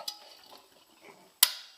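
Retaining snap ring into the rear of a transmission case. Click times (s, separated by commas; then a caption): 1.4 s. During rear assembly of a Ford C6 automatic transmission, a steel retaining snap ring is stepped down on to push it home into its groove in the rear of the transmission case. After a light tick at 0.1 s and faint scuffing, a sharp, bright metallic snap rings out at 1.4 s and then fades. The ring has seated in its groove.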